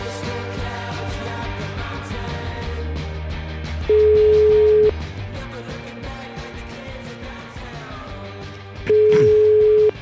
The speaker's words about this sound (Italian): Il telefono che squilla. È il mio.